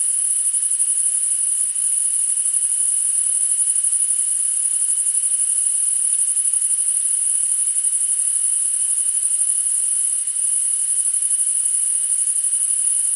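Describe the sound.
Unbroken high-pitched cricket trilling, finely pulsed and constant throughout, accompanied by a weaker steady tone lower down.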